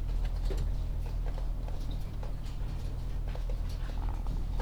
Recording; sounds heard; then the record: poultry house recording; sick chickens (respiratory disease)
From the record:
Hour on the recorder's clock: 14